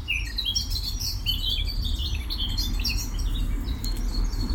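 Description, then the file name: Eurasian blackcap song: a busy, continuous warble of short chirping and whistled notes, heard over a loud low rumble. "Sylvia atricapilla"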